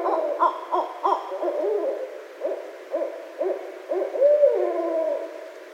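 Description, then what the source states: Barred owl giving a series of deep, spaced hoots with some higher overtones, ending in a loud, drawn-out descending wail. Recorded 9 February 2012.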